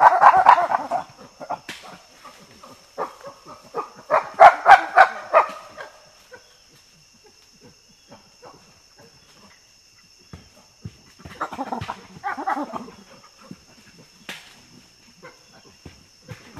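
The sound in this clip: Common chimpanzee calls in loud harsh bursts, two noisy bouts of rapid voiced cries early on and another bout after a quiet stretch, with scattered clicks between.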